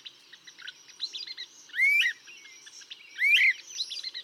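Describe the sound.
Great crested flycatcher sounding two bright rising wheep whistles, about one and a half seconds apart, amid a dense background of chattering songbirds.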